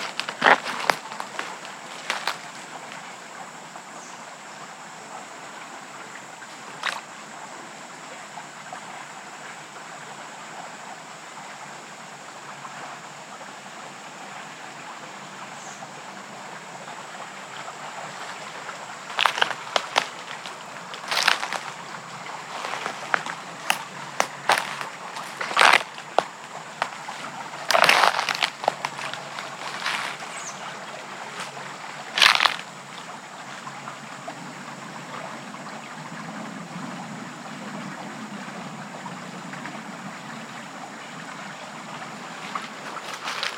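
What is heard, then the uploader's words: A bubbling stream runs steadily through the whole recording, a dense, even rush with a thin high whine held above it. Sharp clicks, snaps and rustles break in now and then, sparse early and clustering between about 19 and 33 seconds. West Michigan Woods and Stream. An early evening walk through the lively woods and along the bubbling stream as animals move all around.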